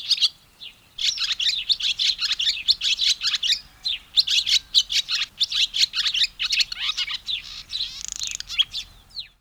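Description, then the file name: Barn swallow singing a fast twittering song of high chirps and buzzy notes in rapid bursts, briefly pausing after the first note, then running on almost continuously. Motif song. "Rauchschwalbe Motivgesang"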